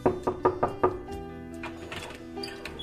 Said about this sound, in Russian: Что? Стучимся в дверь? Поправь воротник рубашки сначала.